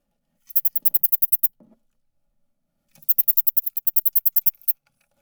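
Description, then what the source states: Insect protest sound: two bursts of sharp, rapid clicking pulses, the second longer, separated by a pause of over a second, with a faint rustle after the first. Male; tegminal protest sounds, signal S3.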